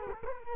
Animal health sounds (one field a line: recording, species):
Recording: mosquito wingbeat signal from an infrared sensor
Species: Culex quinquefasciatus